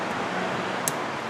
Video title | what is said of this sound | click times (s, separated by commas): How To Replace The Air Conditioner Compressor 2008 Honda CRV | now listen for it to snap in which it did | 0.9 s